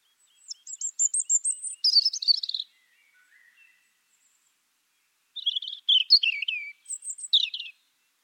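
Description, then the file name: European robin song: a phrase opening with a quick series of repeated high notes that runs into a warbled trill, then a second varied, sparkling phrase after a pause. "Erithacus rubecula"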